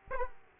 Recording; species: mosquito wingbeat signal from an infrared sensor; Aedes aegypti